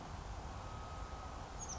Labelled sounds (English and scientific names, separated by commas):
Oak Titmouse (Baeolophus inornatus)